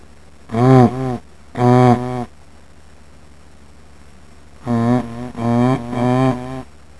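Moose moaning calls: five drawn-out, deep harmonic moans, two spaced near the start and three close together later, over a low steady hum.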